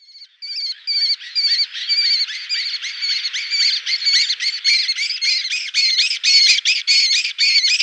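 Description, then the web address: Lesser kestrel giving harsh, rasping calls in a fast, almost continuous chattering series, with little background noise. "Schulze Peter Lesser Kestrel"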